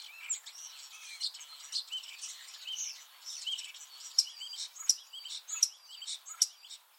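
Common starling chattering with mixed squeaks and warbles, then four sharp clicks repeated at an even pace.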